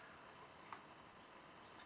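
While rebuilding a Yuneec Typhoon G drone after a crash, the plastic battery holder is pushed down firmly into the drone body so it seats. A single faint knock is heard at 0.7 s over a low steady background. The holder ends up seated, judged by sight because the screw holes are visible below rather than by a click.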